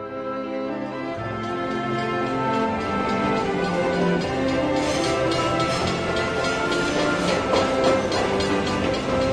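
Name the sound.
train running on rails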